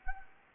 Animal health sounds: mosquito wingbeat signal from an infrared sensor; Anopheles gambiae

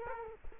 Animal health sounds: mosquito wingbeat signal from an infrared sensor; Culex quinquefasciatus

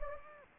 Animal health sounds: mosquito wingbeat signal from an infrared sensor; Anopheles gambiae

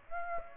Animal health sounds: mosquito wingbeat signal from an infrared sensor; Aedes aegypti

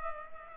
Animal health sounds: mosquito wingbeat signal from an infrared sensor; Culex pipiens

